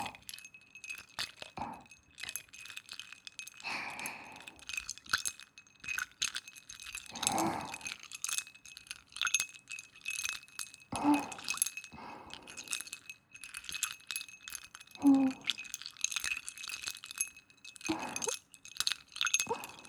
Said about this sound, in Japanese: 氷の音って透き通ってて綺麗だよね。